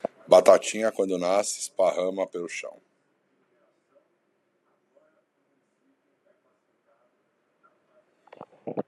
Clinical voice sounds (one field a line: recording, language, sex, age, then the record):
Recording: short text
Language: Brazilian Portuguese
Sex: male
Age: 30 to 39 years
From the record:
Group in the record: control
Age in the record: 38 years